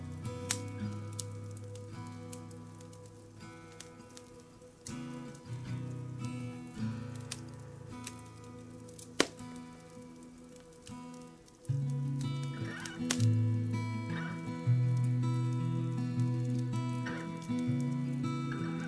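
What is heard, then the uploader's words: Soft, gentle music with low, sustained tones that shift every few seconds, over a steady bed of fire crackling. Small sharp pops scatter throughout, with a louder snap just after nine seconds, and the music swells fuller from about twelve seconds on. Experience a warm and relaxing ambiance with this episode featuring the crackling of a fire and gentle music to help you drift off peacefully. Gentle MUSIC and Crackling FIRE.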